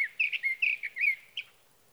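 Sage thrasher song fragment: several quick warbled notes over about a second and a half, with faint background hiss.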